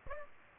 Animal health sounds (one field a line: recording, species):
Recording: mosquito wingbeat signal from an infrared sensor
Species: Aedes aegypti